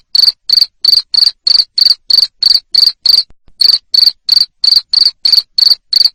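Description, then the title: Cricket producing rapid, piercing chirps at a regular rhythm, about three per second, with a single short silence midway. Loud cricket chirping, played to stimulate lovebirds to sing continuously. "Suara JANGKRIK NGERIK Keras Bikin LOVEBIRD Jadi NGEKEK Terus"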